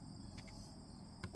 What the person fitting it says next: So just push the switch, it snaps in place here, makes a nice tight fit.